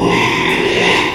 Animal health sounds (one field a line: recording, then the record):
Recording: squeal of a Yucatan mini pig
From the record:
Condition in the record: after surgery on the right vocal fold (resection and tissue-engineered implant)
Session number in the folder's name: 1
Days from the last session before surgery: 6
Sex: male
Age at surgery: 12 weeks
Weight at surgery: 13 kg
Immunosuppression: cyclosporine, prednisolone